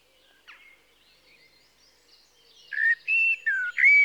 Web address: BBC Sound Effects Library - 47 (Birds) 01 Blackbird (Turdus Merula)